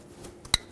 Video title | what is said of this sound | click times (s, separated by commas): How to Replace Front Strut & Spring Assembly 2008-13 Mazda 3 | listen for the click give it a nice little tug make sure it's secured | 0.5 s